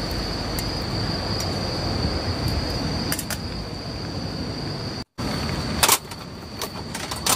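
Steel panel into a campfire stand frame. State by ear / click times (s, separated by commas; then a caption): not seated / none. Someone repeatedly tries to fit a steel panel into the frame of a Campingmoon L metal campfire stand (fire pit), and sharp metallic knocks ring out at about 3.1, 3.3, 5.8, 6.6 and 6.9 seconds over a steady background hiss with a brief near-silent gap around 5.1 seconds. The panel will not go in, and nothing has seated or clicked into place.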